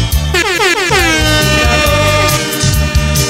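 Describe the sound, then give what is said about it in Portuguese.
A loud, sustained air horn blares with a rich, brassy buzz. Its pitch swoops upward at the start and then holds steady over a pulsing low rumble for several seconds. “É buzina.”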